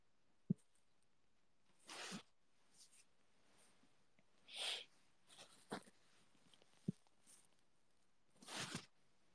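Adult hip joint cracking: a popping sound that occurs every time a certain movement is made, heard as a series of short pops.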